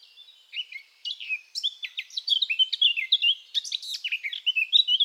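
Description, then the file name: Eurasian blackcap warbling song, a soft scratchy start building into a fast, loud run of varied fluty whistles and chirps that carries to the end. "Sylvia atricapilla"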